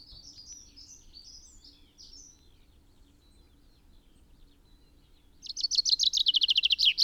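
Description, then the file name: Common chaffinch song: faint high chirps at first, then a loud rapid trill of repeated descending notes starts near the end and is cut off. "Fringilla coelebs"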